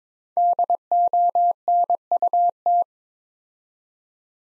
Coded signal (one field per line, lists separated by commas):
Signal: Morse code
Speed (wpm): 22 wpm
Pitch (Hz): 700 Hz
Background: none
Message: DONUT